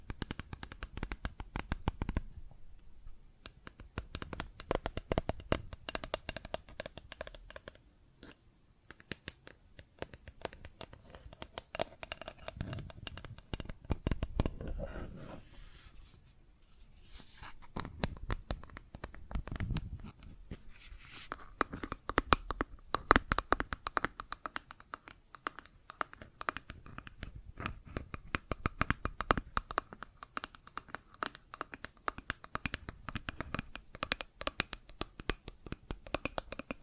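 Plastic objects are tapped and scratched in irregular bursts of dense, dry clicks and rasping strokes. Busier stretches alternate with brief quiet gaps, notably around 3, 8, 16 and 21 seconds, while the later half turns into steadier, brighter scratching with scattered sharp taps.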